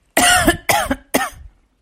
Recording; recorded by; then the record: voluntary cough; messaging app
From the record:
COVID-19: negative